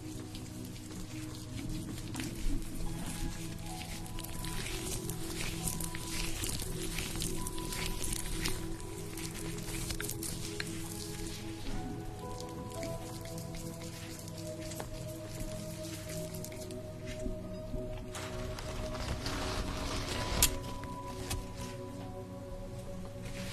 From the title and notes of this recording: Enjoy the sounds of having your facial treatment, with steam, cream, and massage.